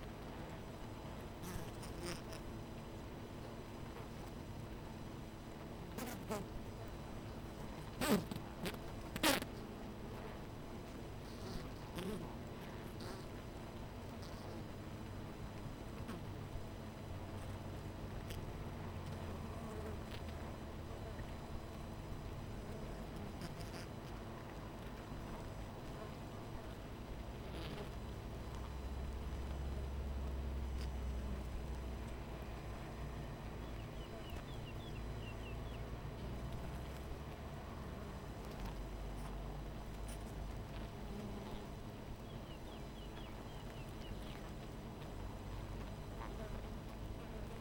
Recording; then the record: honeybee colony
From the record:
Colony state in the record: missing queen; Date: 14 July 2017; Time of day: 12:28